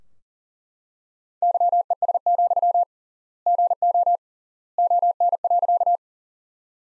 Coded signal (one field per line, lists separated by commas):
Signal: Morse code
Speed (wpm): 40 wpm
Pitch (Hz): 700 Hz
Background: none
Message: YES, GO ON.